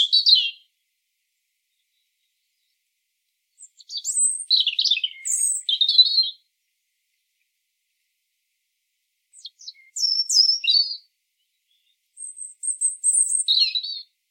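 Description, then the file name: European robin song heard as several separate bursts of high, sweet warbling and rapid trills, with silent pauses between them. "Erithacus rubecula"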